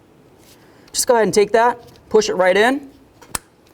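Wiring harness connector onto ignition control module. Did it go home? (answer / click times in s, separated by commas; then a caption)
yes / 3.3 s. A plastic wiring harness connector is pushed onto the ignition control module terminal of a 1994-2004 Chevy S-10 while someone talks. A sharp click at 3.4 s shows the connector latching and seating onto the module.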